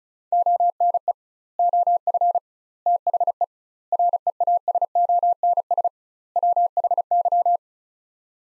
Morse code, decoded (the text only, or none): ONE OF THE REASONS WHY